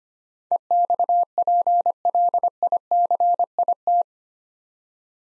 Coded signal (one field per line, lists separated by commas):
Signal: Morse code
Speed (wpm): 25 wpm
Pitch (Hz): 700 Hz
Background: none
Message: EXPLICIT